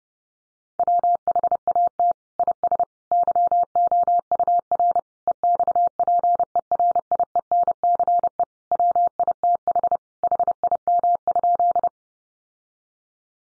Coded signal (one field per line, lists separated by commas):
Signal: Morse code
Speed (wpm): 30 wpm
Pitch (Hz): 700 Hz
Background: none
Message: WHAT IS YOUR EXPERIENCE WITH HIM?